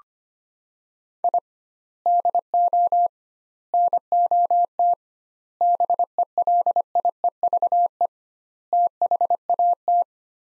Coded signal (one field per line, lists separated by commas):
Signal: Morse code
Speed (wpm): 25 wpm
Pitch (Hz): 700 Hz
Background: none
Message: I DO NOT BELIEVE THAT